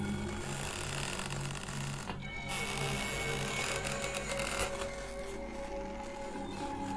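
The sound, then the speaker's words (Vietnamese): An old door to a room creaks slowly open in one long, drawn-out groan, a steady grinding rasp with low humming tones that lasts about seven seconds, with no voices. “Cánh cửa từ từ mở ra, vang lên những tiếng rin rít cũ kỹ.”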